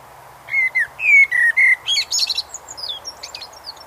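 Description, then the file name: Eurasian blackbird song phrase: a few low, mellow fluted notes followed by a rapid burst of thin, squeaky high twittering that fades out. "Turdus merula"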